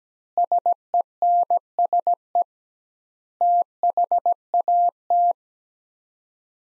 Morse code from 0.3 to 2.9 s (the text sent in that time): SENSE